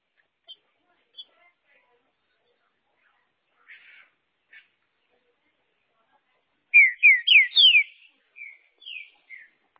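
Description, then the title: Green-winged saltator song: a few faint chirps, then a loud burst of slurred, rising and falling whistled notes near the end, followed by softer whistles. "Trinca Ferro"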